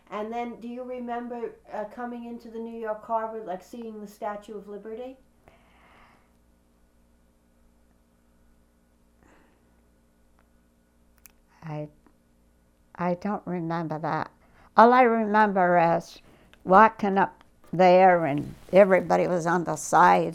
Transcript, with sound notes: And then do you remember coming into the New York Harbor and seeing the Statue of Liberty?
( pauses) I—I don't remember that. All I remember is walking up there and everybody was on the sides.